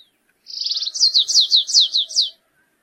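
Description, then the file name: Stripe-tailed yellow finch song: a quick buzzy trill followed by several sharp, high downslurred notes in a brisk series. "canto do canario rasteiro"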